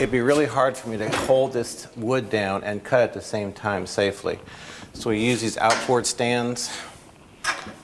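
Someone talks while handling the outboard support stands of a miter saw, which are used because holding the wood down and cutting at the same time would be hard to do safely. Speech fills most of the clip, with a quieter stretch near the end. Nothing has locked into place or clicked yet.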